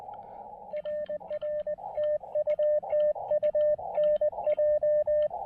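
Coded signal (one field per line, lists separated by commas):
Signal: Morse code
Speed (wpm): 19 wpm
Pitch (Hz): 590 Hz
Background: radio noise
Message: RR TU TU NJ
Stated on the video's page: QRP Parks on the Air activation using an Elecraft KX2 and Chelegance MC-750 antenna.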